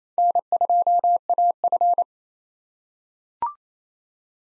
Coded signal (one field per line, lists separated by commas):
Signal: Morse code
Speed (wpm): 28 wpm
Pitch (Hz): 700 Hz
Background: none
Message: N2AF